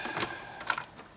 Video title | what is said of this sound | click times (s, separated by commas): LEGO City 2023 Deep Sea Explorer Submarine 60379 Tour & Review | you can put this back on and just snaps in place and | 0.7 s